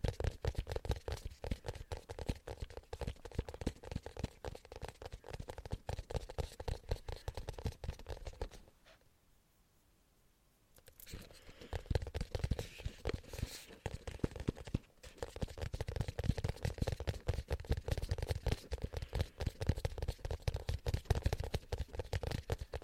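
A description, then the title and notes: Intense ASMR tapping, a dense, rapid and uneven stream of sharp taps with strong low thumps under crisp clicky tops. Around nine seconds the tapping stops for nearly two seconds of near silence, then resumes just as busy, with a brief dip near fifteen seconds. ASMR INTENSE TAPPING.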